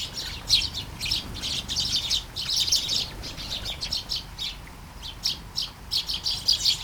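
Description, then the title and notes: Sparrow chirps in busy clusters, several birds calling over one another in quick bursts, over a faint continuous background hiss. Flying sparrows in a garden, early morning, during light shower, Taastrup, Denmark; recorded with Sony PCM-D100 internal mics. "Kærengen 8, 2630 Taastrup, Denmark - Flying sparrows. Flying sparrows in the garden, early morning. Light shower. Vols de moineaux dans le jardin, au petit matin. Pluie fine"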